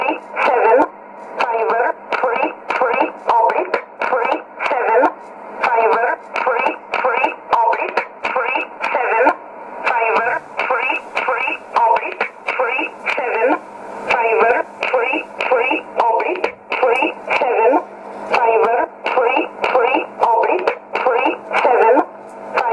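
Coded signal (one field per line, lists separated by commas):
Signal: numbers station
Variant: E11 Oblique, English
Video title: 09 11 2016 Number station E11 Oblique in English to Eu 0902 on 9446 unknown tx site USB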